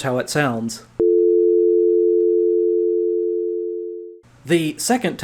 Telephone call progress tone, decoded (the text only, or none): dial tone